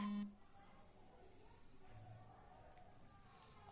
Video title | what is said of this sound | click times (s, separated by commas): Spacer use, spacer का उपयोग कैसे करें | hold the main section of the spacer and slide the extension out fully until you hear a click | 3.4 s